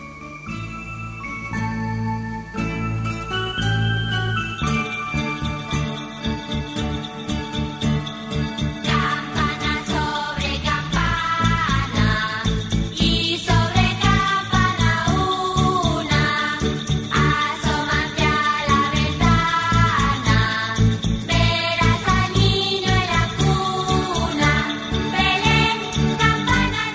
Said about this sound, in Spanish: Unha panxoliña moi coñecida por todos nós. Campana sobre campana.